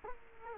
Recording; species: mosquito wingbeat signal from an infrared sensor; Culex quinquefasciatus